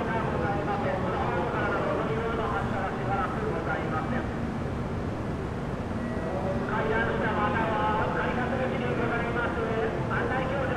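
Inside a busy train station, many voices overlap in a constant, dense murmur with no single speaker standing out. A low rumble of trains or machinery runs steadily underneath, and a brief high tone sounds near the middle.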